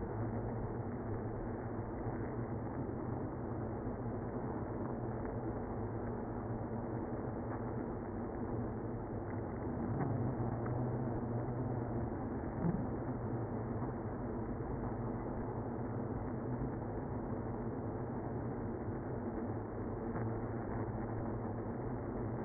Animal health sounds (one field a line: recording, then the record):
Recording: honeybee colony, microphone inside the hive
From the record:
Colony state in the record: queenless (queen removed)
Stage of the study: after two queens were removed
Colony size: about 60,000 bees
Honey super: yes